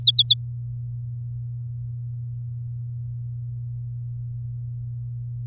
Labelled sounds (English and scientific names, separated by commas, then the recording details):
Domestic Canary (Serinus canaria) song
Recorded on 8 May 2018 at 15:38
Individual llb16